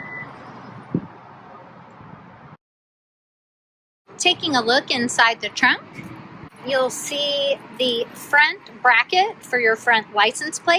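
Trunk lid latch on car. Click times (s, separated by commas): 0.9 s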